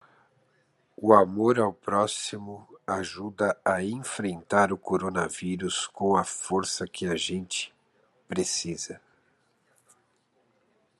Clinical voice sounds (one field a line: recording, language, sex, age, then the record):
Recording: spoken sentence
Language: Brazilian Portuguese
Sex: male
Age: 40 to 49 years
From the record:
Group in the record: control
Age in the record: 44 years